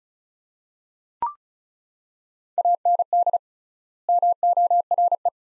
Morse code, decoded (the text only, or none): AND MORE